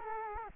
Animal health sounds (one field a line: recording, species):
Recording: mosquito wingbeat signal from an infrared sensor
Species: Culex quinquefasciatus